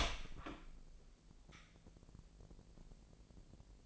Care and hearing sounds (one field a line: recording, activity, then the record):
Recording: daily activity, microphone in the room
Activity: open door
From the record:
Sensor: 5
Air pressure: 1001.4 hPa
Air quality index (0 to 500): 250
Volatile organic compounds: 33 ppm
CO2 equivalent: 3030 ppm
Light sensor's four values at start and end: 40/94/38/37 and 41/94/38/38